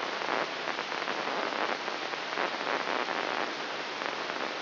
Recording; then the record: brain microelectrode recording played as sound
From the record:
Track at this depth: outside the subthalamic nucleus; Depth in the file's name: -0.683 mm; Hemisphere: left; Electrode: 3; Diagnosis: Parkinson's disease